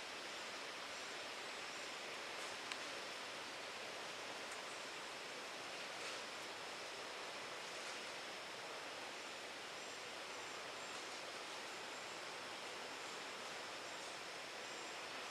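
A steady, dense rush like flowing water fills the Wekiva River Conservation Area scene, unchanging throughout, with a few faint clicks.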